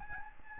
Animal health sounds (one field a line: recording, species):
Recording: mosquito wingbeat signal from an infrared sensor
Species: Aedes albopictus